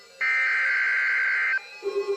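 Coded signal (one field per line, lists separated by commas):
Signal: Emergency Alert System (SAME) tones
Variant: header bursts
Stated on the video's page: Real EAS alerts received on a RadioShack 12-991 weather radio.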